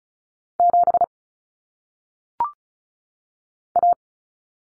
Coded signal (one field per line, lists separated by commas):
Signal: Morse code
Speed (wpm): 36 wpm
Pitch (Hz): 700 Hz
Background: none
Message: 7 A